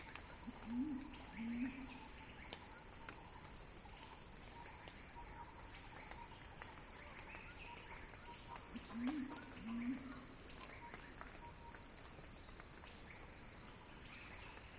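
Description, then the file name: Cicada song holds as a steady, intense high hum, while a low two-note call sounds twice underneath. Cicada song building in a crescendo, recorded by Axel Drioli for Earth.fm. "earth-fm Axel-Drioli Cicada-Crescendo-Sounding-Wild"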